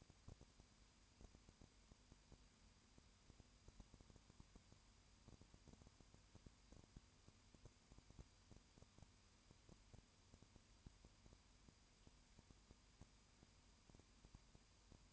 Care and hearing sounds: daily activity, microphone in the room; no activity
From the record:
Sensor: 2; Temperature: 20.8 degrees Celsius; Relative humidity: 38.3%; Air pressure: 1010.4 hPa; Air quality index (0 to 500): 200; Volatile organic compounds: 19 ppm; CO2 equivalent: 2651 ppm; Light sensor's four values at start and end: 2/3/2/2 and 2/3/2/2

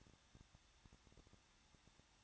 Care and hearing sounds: daily activity, microphone in the room; no activity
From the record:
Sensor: 3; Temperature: 21.2 degrees Celsius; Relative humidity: 36.3%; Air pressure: 1006.4 hPa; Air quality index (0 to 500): 221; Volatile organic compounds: 40 ppm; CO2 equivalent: 3149 ppm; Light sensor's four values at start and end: 2/3/2/2 and 2/3/2/2

